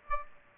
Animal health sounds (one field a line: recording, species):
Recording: mosquito wingbeat signal from an infrared sensor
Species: Aedes aegypti